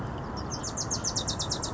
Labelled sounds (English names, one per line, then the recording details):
Wilson's Warbler
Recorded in Sonoma County, California